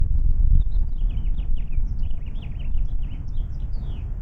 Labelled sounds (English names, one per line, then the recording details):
House Finch song
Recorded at Neponsit on Long Island, New York, on 4 June 1975
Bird E